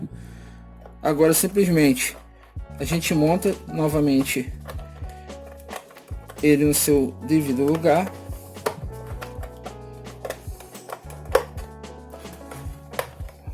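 Someone talks over background music while putting a plastic fan housing cover back in place after fitting a dimmer to the fan, lining it up with its small retaining clips. Light plastic taps and handling knocks are heard, but nothing has seated or clicked yet.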